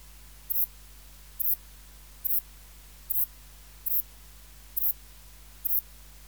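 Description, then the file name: Ephippiger cruciger: short, very high chirps at a steady rhythm, over a faint low hum. "Ephippiger cruciger"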